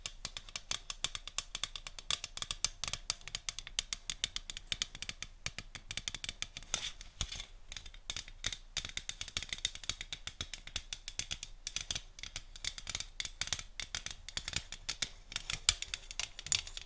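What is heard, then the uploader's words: Rapid tapping fills the whole stretch, a dense stream of sharp, bright clicks with no pauses or slowdowns. The taps come irregularly but constantly, several per second, with a few louder hits scattered throughout. Beneath them sits a faint low hum. ASMR Tapping (No Talking).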